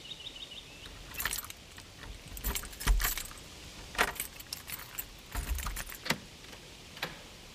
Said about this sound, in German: Zeiss Ikon. Sicherheitsschlüssel. Deutsche Wertarbeit bis auf den heutigen Tag. Zeiss Ikon. Mit diesem Schlüssel, den sie von Rechts wegen vor 2 Tagen hätte abgeben müssen, will sie noch ein letztes Mal die Tür aufschließen und ins Haus gehen.